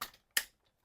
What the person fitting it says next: Ooh, you've heard that click.